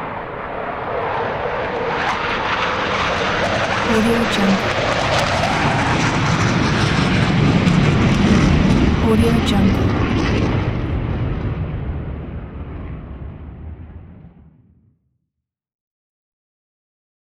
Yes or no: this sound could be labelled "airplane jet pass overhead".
yes